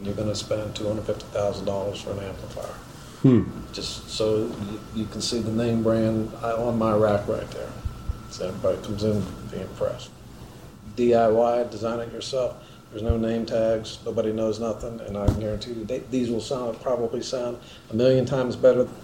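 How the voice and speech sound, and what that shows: A retired adult man speaks clearly and fluently at a conversational pace in ordinary adult male speech, with a faint steady background hum.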